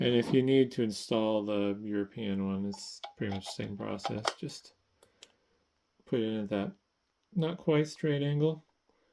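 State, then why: Not seated. Someone talks while fitting the European interchangeable AC plug adapter into the power inlet of a SilverStone RCP2B-480 2U variable speed server rack fan, inserting it at a slightly angled, not-quite-straight position. During a pause in the talking, two faint, brief handling ticks occur at about 5.0 s and 5.2 s. The adapter has not yet been turned home, and nothing has seated or clicked yet.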